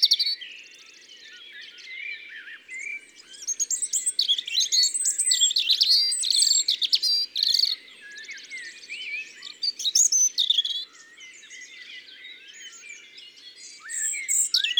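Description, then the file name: European robin song: high, thin warbled phrases with quick trills and tinkling notes, broken by short pauses. "Rougegorge familier ABC des chants doiseaux"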